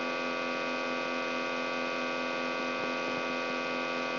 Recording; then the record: brain microelectrode recording played as sound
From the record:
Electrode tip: outside the subthalamic nucleus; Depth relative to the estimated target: -6 mm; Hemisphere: left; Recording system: AlphaMap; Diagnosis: Parkinson's disease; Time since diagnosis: 17 years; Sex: male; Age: 64 years